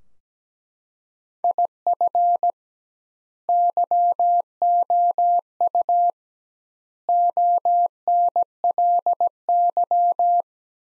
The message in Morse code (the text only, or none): IF YOU ONLY